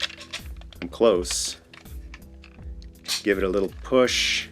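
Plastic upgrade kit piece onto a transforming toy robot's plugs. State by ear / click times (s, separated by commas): not seated / none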